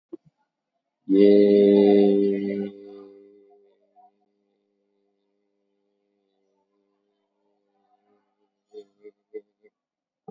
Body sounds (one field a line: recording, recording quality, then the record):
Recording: sustained vowel as in made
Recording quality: excellent, no background noise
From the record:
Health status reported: COVID-19 positive, mild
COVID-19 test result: positive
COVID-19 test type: RT-PCR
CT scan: taken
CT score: 0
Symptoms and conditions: cough, cold, hypertension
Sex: male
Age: 50 years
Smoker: no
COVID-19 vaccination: one dose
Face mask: not worn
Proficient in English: yes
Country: India